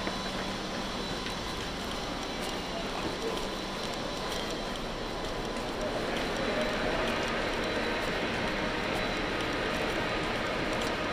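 A train rumbles steadily along the Izu-Hakone Railway line, a dense, even roar with faint clicks and a brief low hum near the start.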